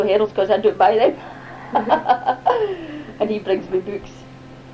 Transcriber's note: laugh